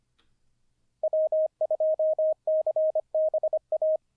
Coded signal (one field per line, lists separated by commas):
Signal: Morse code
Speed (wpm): 25 wpm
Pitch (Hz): 630 Hz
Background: none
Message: W2CBA